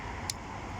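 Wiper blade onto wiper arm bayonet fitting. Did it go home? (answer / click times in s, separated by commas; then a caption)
yes / 0.3 s. A new wiper blade is pushed up onto the bayonet-fit wiper arm of a Citroen DS3 until it locks in place. A single short, sharp click is heard at 0.3 s over low background noise, confirming the blade has seated on the arm.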